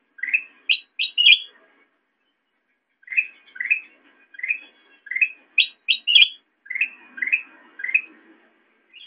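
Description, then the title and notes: Sooty-headed bulbul uttering a few high sharp notes, then after a pause a series of upslurred chirps interspersed with brief higher accents. Recording made for training songbirds by example (masteran). "suara burung kutilang buat masteran"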